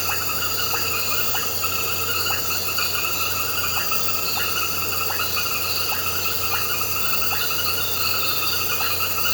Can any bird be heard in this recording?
no